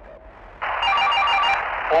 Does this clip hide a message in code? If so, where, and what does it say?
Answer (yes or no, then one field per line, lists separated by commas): no